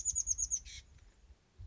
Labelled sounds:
Chestnut-backed Chickadee (Poecile rufescens)
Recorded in Sonoma County, California

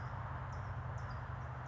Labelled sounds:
California Towhee (Melozone crissalis)
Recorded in Sonoma County, California

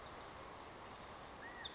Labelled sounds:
California Quail (Callipepla californica)
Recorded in Sonoma County, California

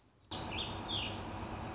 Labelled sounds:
Song Sparrow (Melospiza melodia)
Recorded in Sonoma County, California

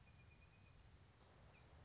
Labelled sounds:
Song Sparrow (Melospiza melodia)
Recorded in Sonoma County, California

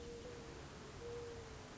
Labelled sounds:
Mourning Dove (Zenaida macroura)
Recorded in Sonoma County, California

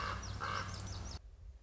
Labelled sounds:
Common Raven (Corvus corax)
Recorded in Sonoma County, California

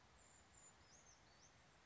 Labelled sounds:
Brown Creeper (Certhia americana)
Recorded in Sonoma County, California

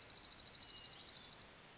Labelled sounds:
Dark-eyed Junco (Junco hyemalis)
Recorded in Sonoma County, California

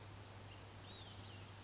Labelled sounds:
Olive-sided Flycatcher (Contopus cooperi)
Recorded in Sonoma County, California

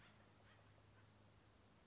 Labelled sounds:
California Towhee (Melozone crissalis)
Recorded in Sonoma County, California

